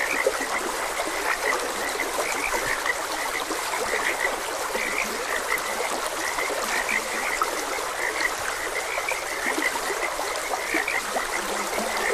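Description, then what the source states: Frogs croaking in a steady chorus, short mid-pitched notes repeating throughout with occasional low croaks, over constant rushing stream water. Frogs croaking beside a gentle stream.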